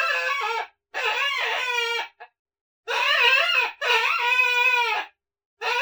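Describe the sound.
Coyote pups crying in several long, rough, harmonic wails that waver in pitch, separated by short silences.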